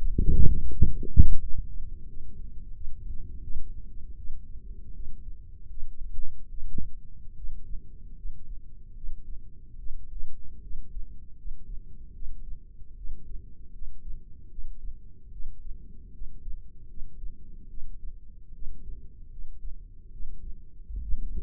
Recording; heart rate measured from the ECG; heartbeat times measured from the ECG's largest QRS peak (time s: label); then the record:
heart sounds by microphone in the left ear; 77 bpm
0.70 s: heartbeat
1.39 s: heartbeat
2.07 s: heartbeat
2.73 s: heartbeat
3.41 s: heartbeat
4.16 s: heartbeat
4.94 s: heartbeat
5.68 s: heartbeat
6.49 s: heartbeat
7.36 s: heartbeat
8.16 s: heartbeat
8.95 s: heartbeat
9.78 s: heartbeat
10.62 s: heartbeat
11.36 s: heartbeat
12.13 s: heartbeat
12.96 s: heartbeat
13.72 s: heartbeat
14.49 s: heartbeat
15.31 s: heartbeat
16.12 s: heartbeat
16.88 s: heartbeat
17.68 s: heartbeat
18.53 s: heartbeat
19.30 s: heartbeat
20.11 s: heartbeat
21.01 s: heartbeat
From the record:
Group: healthy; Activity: rest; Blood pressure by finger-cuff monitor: 149/85 mmHg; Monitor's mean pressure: 104 mmHg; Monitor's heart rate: 78 bpm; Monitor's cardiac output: 6.6 L/min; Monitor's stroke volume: 86 mL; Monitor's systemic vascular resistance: 1160 dyn s/cm5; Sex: female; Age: 22 years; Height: 154 cm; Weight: 58.7 kg